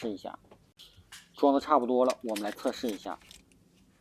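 After reassembly, a battery is being put into the battery compartment of a Nikon Z6 camera being repaired for an abnormal noise at shutdown and failure to power off, as a test. Someone talks throughout, with short handling sounds at about 1.1 s and 3.5 s. The battery has not seated or clicked into place yet.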